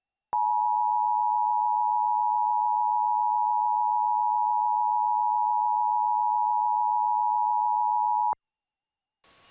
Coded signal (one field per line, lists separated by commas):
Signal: Emergency Alert System (SAME) tones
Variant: 853 and 960 Hz attention tone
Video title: EAS Mock #10.2: The Great Lake Erie Earthquake Part 2